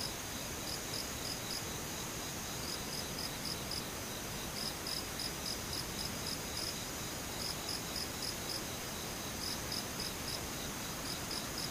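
Insects chirp steadily, a high, bright pulsing in quick repeated bursts around the top of the range, with short gaps between groups of pulses. Underneath runs a constant dense hiss and low rumble, and the overall loudness stays even throughout.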